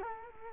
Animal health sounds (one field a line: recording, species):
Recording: mosquito wingbeat signal from an infrared sensor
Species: Culex quinquefasciatus